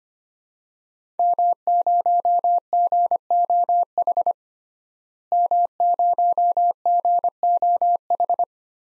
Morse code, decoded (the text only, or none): M0GOH M0GOH